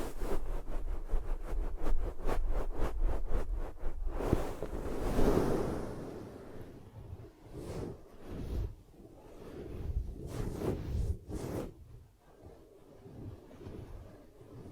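Ear cupping triggers: hands cup and rub against the microphone, starting with a fast run of regular muffled pats for about four seconds, then a long swelling rush of rubbing. Slower hollow whooshes and soft taps follow, fading and returning every second or two.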